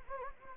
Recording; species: mosquito wingbeat signal from an infrared sensor; Anopheles gambiae